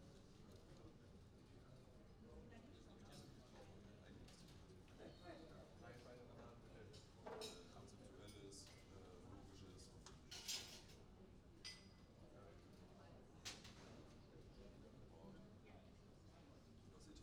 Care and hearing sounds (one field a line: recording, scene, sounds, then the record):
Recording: everyday scene through a hearing-aid microphone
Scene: many people talking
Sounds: many voices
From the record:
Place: university cafeteria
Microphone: in the ear canal, right